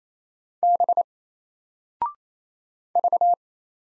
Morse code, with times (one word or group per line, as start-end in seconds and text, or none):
0.6-1.0 B
3.0-3.3 V